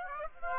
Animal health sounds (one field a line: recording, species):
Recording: mosquito wingbeat signal from an infrared sensor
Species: Aedes aegypti